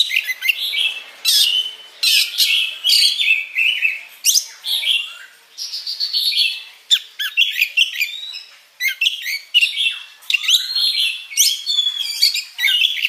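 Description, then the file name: Oriental magpie-robin song of varied phrases, clear whistles alternating with harsh rasping bursts and twittering, delivered in quick bouts with brief pauses. "Suara Kacer"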